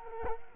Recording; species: mosquito wingbeat signal from an infrared sensor; Culex quinquefasciatus